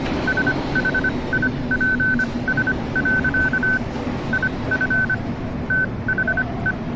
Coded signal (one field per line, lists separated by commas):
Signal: Morse code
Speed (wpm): 25 wpm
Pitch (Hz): 1500 Hz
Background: none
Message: SHIPS. IF THE